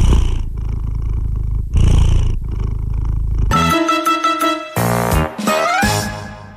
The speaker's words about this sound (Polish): Kotek też, kotuś wystąpił, przepraszam.